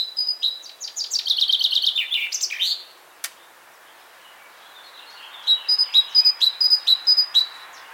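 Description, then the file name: Great tit giving a dense, falling buzzy chatter, a single sharp click, then a steady series of clear, evenly spaced high two-note calls. "Parus major"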